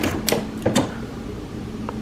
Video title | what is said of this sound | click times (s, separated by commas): HP OfficeJet Pro 9015 - 9015e- 9018 - 9020- 9025e - 9028 printer series : Replace the Ink Cartridges | push in the ink cartridge until it snaps in place | 0.3 s